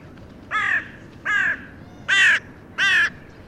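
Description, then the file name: Carrion crow calling four abrupt, harsh caws, the last two louder and rougher than the first pair. "Corvus corone"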